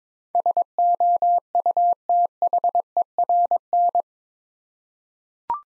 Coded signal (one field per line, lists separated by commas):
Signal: Morse code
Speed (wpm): 22 wpm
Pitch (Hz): 700 Hz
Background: none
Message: SOUTHERN